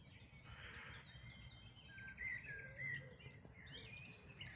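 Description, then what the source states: Birds in a soft dawn chorus, overlapping chirps and short whistled trills from several singers, with a low rumbling background hum. Dawn chorus recorded in May 2026.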